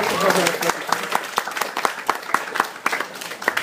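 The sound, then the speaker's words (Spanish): An audience at a talk on 50 years of Spider-Man breaks into applause, a dense, irregular patter of sharp claps that continues steadily throughout, with voices audible briefly at the start. “Y señor, me gustaría que nosotros ustedes le demos un aplauso a esta gente por su paciencia.”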